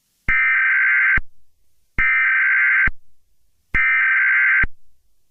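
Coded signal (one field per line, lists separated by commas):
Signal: Emergency Alert System (SAME) tones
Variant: header bursts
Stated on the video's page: Fictional EAS scenario; simulated alert, not a real broadcast.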